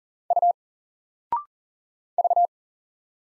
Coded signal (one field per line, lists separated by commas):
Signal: Morse code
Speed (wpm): 40 wpm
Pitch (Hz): 700 Hz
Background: none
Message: U V